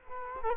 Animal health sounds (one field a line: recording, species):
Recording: mosquito wingbeat signal from an infrared sensor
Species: Culex quinquefasciatus